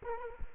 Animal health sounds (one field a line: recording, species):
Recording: mosquito wingbeat signal from an infrared sensor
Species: Culex quinquefasciatus